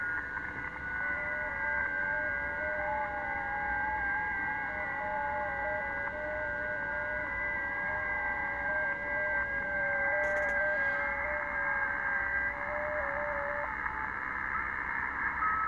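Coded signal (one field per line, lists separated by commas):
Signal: FT8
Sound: several soft steady warbling tones at once, slowly shifting pitch, over hiss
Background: radio static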